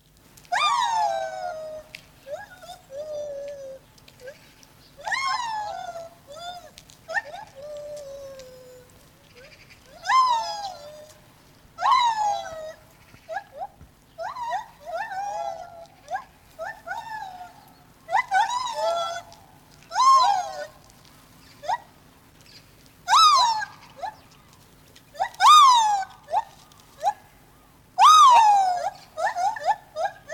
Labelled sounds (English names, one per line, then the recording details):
Lar Gibbon
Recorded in captivity
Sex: pair
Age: adult
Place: Tierpark Berlin, Berlin, DE
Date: 1986-10-04
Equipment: Nagra SN, Kopie Uher 4000 Report Monitor
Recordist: Tembrock, Günter
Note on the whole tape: Paar: Rufe und Duette; das Männchen (hellere Stimme) später allein; längere Strecke